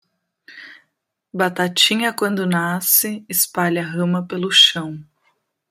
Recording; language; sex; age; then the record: short text; Brazilian Portuguese; female; 30 to 39 years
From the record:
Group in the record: control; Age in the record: 32 years